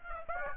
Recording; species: mosquito wingbeat signal from an infrared sensor; Aedes aegypti